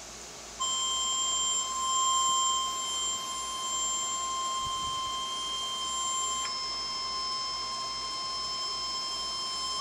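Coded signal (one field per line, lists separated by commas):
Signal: Emergency Alert System (SAME) tones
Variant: 1050 Hz attention tone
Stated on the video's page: Severe thunderstorm watch broadcast over weather radio station KXL81.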